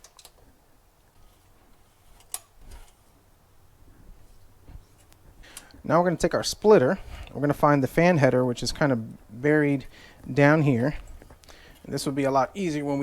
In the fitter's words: they should there we go and you'll hear a click so that's one now let's go ahead and do this other one